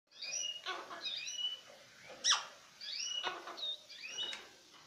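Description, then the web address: Australian king parrot giving a series of short, shrill, rising whistled notes in loose bursts, with a few sharp clicking knocks. "parrots alisterus-scarularis"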